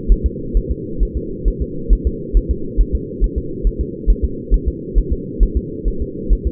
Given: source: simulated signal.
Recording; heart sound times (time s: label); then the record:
fetal heart sounds
0.12 s: S1
0.26 s: S2
0.57 s: S1
0.71 s: S2
1.03 s: S1
1.17 s: S2
1.48 s: S1
1.62 s: S2
1.93 s: S1
2.07 s: S2
2.37 s: S1
2.51 s: S2
2.81 s: S1
2.95 s: S2
3.24 s: S1
3.38 s: S2
3.67 s: S1
3.81 s: S2
4.10 s: S1
4.25 s: S2
4.54 s: S1
4.68 s: S2
4.98 s: S1
5.12 s: S2
5.43 s: S1
5.57 s: S2
5.88 s: S1
6.02 s: S2
6.33 s: S1
6.47 s: S2
From the record:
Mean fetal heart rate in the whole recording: 135 bpm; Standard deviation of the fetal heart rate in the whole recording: 3 bpm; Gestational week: 36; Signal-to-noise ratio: -4.3 dB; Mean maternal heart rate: 72 bpm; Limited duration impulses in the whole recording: present